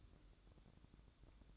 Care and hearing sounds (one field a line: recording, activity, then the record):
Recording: daily activity, microphone in the room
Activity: light off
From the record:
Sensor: 3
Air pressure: 1007.9 hPa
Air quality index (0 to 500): 84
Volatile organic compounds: 1 ppm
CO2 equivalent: 715 ppm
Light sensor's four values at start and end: 17/46/19/18 and 11/27/11/11